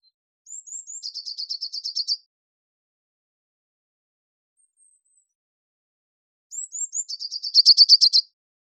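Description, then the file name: Eurasian blue tit song: three thin high notes gliding down, then a fast, even, buzzy trill. The phrase is given twice, several seconds apart, with silence between. "Cyanistes caeruleus"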